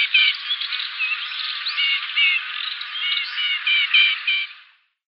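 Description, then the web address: Cyprus warbler calling: a dense, scratchy chatter of rapid rattling notes mixed with brief thin whistles, continuing steadily for about five seconds. "Schulze Peter Cyprus Warbler calls"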